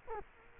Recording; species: mosquito wingbeat signal from an infrared sensor; Culex quinquefasciatus